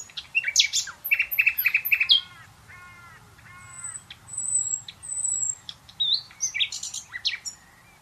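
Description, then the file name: Common nightingale singing repeated loud notes followed by soft looping whistles, a few thin high whistles, then more sharp chirps. "Luscinia megarhynchos"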